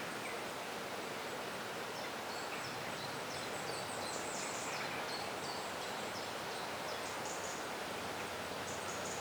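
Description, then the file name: Birds singing, with short high chirps and twitters scattered throughout over a steady hiss of background noise. Birdsong recorded in a forest. "Forest Birdsong - Soothing Birds"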